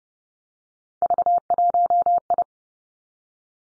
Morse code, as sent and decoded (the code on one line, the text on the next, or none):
...- .---- ..
V1I